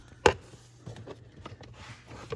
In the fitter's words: Clips on there you should hear too like there audible snaps when they clip in